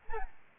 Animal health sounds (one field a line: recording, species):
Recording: mosquito wingbeat signal from an infrared sensor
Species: Aedes albopictus